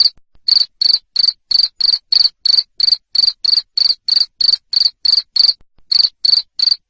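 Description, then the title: Cricket chirping in a fast regular series of high, buzzy pulses, with a short break near the end. Loud cricket chirping (jangkrik ngerik) played to stimulate lovebirds to sing continuously (ngekek). "Suara JANGKRIK NGERIK Keras Bikin LOVEBIRD Jadi NGEKEK Terus Vubey"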